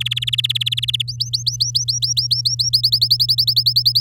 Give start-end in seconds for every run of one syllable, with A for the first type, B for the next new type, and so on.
0.00-1.02 A, 1.08-2.69 B, 2.73-4.00 C